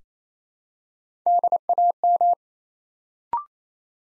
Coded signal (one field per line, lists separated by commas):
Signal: Morse code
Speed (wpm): 27 wpm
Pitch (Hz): 700 Hz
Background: none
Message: DAM